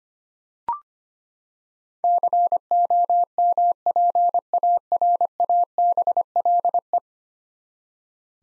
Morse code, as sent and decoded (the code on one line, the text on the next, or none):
-.-. --- -- .--. .- .-. .- -... .-.. .
COMPARABLE